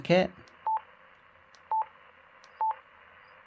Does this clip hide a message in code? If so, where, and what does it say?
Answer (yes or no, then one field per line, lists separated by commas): no